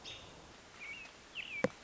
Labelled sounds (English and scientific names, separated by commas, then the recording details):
American Robin (Turdus migratorius)
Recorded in Sonoma County, California